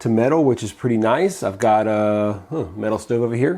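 Someone talks while holding a Fire Maple Sandglass LED camping lantern with a magnetic base near a metal stove, about to attach it. Only talking is heard, and nothing has clicked onto the metal yet.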